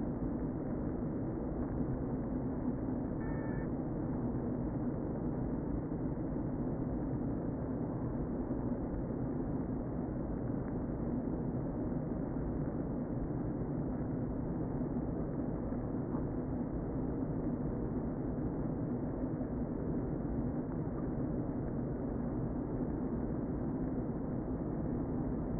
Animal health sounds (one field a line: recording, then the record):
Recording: honeybee colony, microphone inside the hive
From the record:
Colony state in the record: queen present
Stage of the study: before two queens were removed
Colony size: about 60,000 bees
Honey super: yes